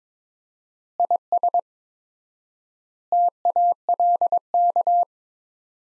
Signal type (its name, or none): Morse code